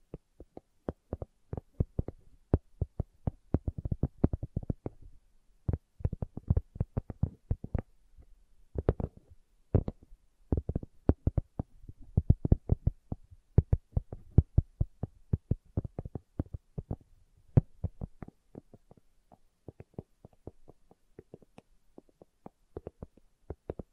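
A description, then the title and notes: Slow tapping: dull, soft knocks in loose irregular clusters, busiest in the first eighteen seconds, then sparser and quieter toward the end. ASMR Slow Tapping for Deep Sleep (No Talking).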